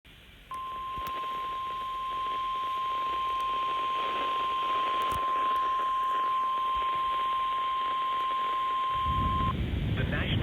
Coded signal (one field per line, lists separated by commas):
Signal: Emergency Alert System (SAME) tones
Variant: 1050 Hz attention tone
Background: speech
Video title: EAS Flood Warning double header WNG704 162.425 EAS#154-155